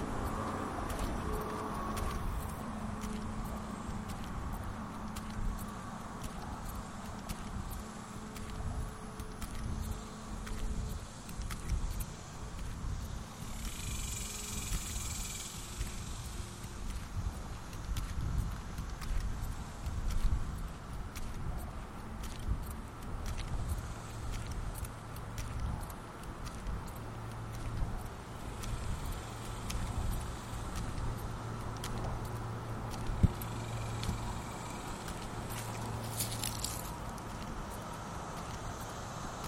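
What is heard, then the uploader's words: A lunchtime walk through the neighborhood: a steady low rumble of passing traffic, faint footsteps, brief bright chirps near 15 and 36 seconds. The sounds of my daily lunchtime walk around the neighborhood.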